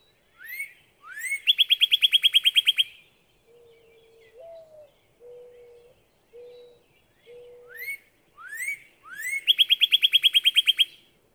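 Northern cardinal song: upslurred whistles leading into a rapid series of notes, given twice; between the phrases a low whistled note sounds several times.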